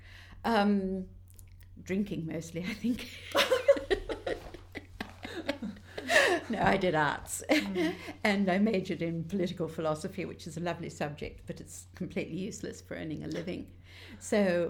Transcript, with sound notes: Yes. Drinking mostly I think. [laughs] No I did Arts and majored in Political Philosophy which is a lovely subject but it’s completely useless for earning a living so